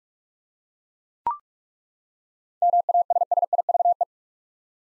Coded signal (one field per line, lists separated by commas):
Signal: Morse code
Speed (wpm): 42 wpm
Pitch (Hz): 700 Hz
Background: none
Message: MASSIVE